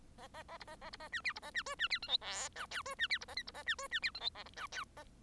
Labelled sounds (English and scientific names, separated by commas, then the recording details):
Bengalese Finch (Lonchura striata domestica) song
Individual Bird1